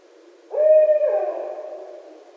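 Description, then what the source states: Barred owl calling one long hoot that begins strongly and trails off gradually. 1 December 2011.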